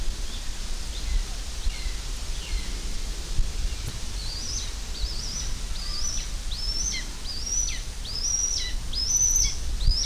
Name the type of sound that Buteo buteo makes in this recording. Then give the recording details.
call. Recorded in the wild. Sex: diverse. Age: diverse. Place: Lübars (Fließtal), Berlin, DE. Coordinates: 52.6175, 13.3625. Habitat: forest. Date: 1998-07-26 16:33. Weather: heiter, 23°C. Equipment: Sony MD-WM MZ-R3, Sennheiser ME 80, Kopie Uher 4000 Report Monitor. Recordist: Tembrock, Günter